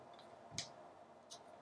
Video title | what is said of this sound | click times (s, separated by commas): Unboxing The LitONES Desktop Video Conference Light | down to Titan and it snaps in place and then you've got an incredibly solid | 0.6 s